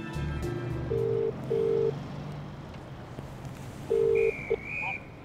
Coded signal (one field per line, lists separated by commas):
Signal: telephone call progress tone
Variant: UK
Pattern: ringback tone